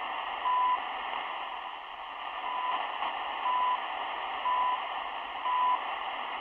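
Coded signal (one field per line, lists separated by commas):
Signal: radio time signal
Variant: CHU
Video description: Radio Estación de Señal Horaria.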